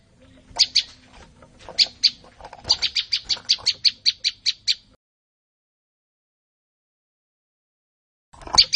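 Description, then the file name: Olive-backed tailorbird song, a run of quick, high, evenly spaced chips that stops after about five seconds, then silence before a final burst. "suara-burung-prenjak-lumut -omkicau"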